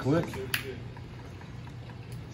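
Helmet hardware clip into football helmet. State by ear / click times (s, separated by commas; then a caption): seated / 0.5 s. A helmet hardware clip is pushed into a football helmet and gives one sharp snap at 0.5 s, and it is seated in there good. Someone talks briefly at the start, then only a low steady hum remains.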